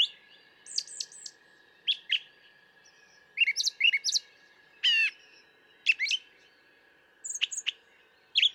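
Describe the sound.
Brown thrasher song: a long run of varied, brisk phrases, several given twice in a row, mixing high slurred notes, chips and one harsh buzzy burst, with short pauses between.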